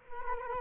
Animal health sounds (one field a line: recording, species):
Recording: mosquito wingbeat signal from an infrared sensor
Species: Culex quinquefasciatus